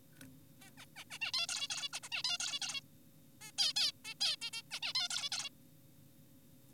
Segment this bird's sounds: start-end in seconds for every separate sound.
0.60-0.70, 0.78-0.86, 0.96-1.04, 1.11-1.18, 1.22-1.32, 1.34-1.47, 1.49-1.68, 1.70-1.89, 1.93-2.00, 2.03-2.09, 2.12-2.23, 2.24-2.38, 2.40-2.60, 2.62-2.81, 3.41-3.52, 3.58-3.73, 3.76-3.91, 4.05-4.14, 4.21-4.36, 4.42-4.50, 4.53-4.62, 4.71-4.80, 4.82-4.93, 4.95-5.08, 5.10-5.29, 5.32-5.50